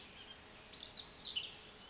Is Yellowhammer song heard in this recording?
no